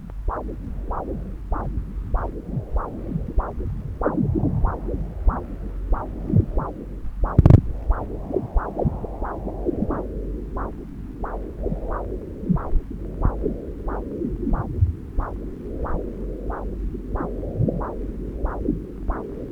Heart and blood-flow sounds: Doppler ultrasound of blood flow; right subclavian vein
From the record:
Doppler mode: continuous wave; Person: adult scuba diver, at rest before a dive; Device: O'Dive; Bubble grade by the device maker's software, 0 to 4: 2

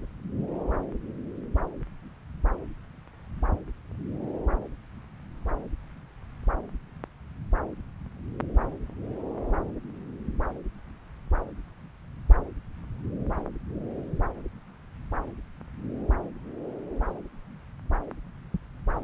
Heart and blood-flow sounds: Doppler ultrasound of blood flow; left subclavian vein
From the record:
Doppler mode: continuous wave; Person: adult scuba diver, at rest before a dive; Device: O'Dive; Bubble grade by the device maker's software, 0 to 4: 0

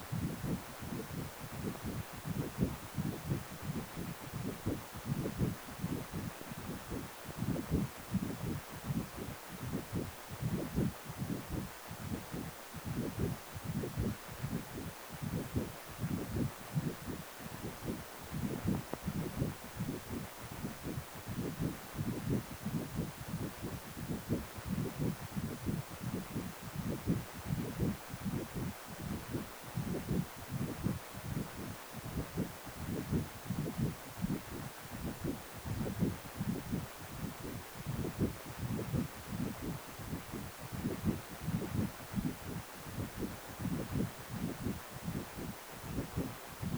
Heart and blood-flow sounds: Doppler ultrasound of blood flow; precordium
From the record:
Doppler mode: continuous wave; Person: healthy adult, 18 to 50 years, no heart murmur, not diving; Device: 2.5 MHz transducer

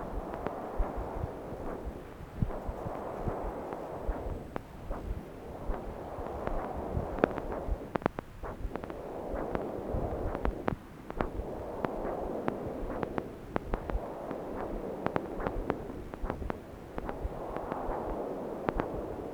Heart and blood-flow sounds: Doppler ultrasound of blood flow; right subclavian vein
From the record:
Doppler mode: continuous wave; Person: adult scuba diver, at rest before a dive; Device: O'Dive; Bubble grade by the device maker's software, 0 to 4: 0

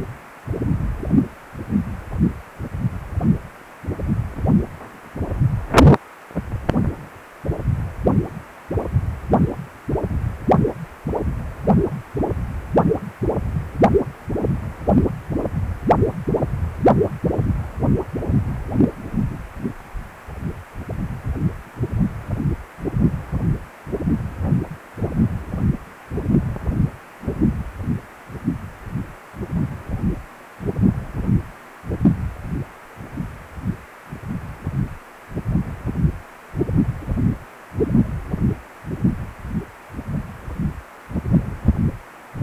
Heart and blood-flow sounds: Doppler ultrasound of blood flow; precordium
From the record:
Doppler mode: continuous wave and pulsed wave in the uncut recording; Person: healthy adult, 18 to 50 years, no heart murmur, not diving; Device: 2.5 MHz transducer

